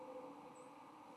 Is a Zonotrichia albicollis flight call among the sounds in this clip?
no